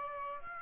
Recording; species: mosquito wingbeat signal from an infrared sensor; Aedes aegypti